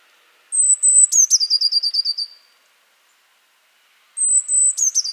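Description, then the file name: Eurasian blue tit: thin high note running into a quick, slightly descending trill, then the phrase starts again after a gap. "Cyanistes caeruleus"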